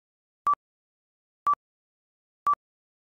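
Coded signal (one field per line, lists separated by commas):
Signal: none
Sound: beeps in music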